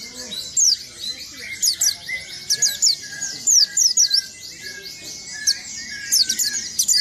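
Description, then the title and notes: White-eye song: short clusters of high, piercing, downslurred notes scattered throughout, with lower whistles and chatter behind. "Burung Peci. kumpuln pleci terbaru"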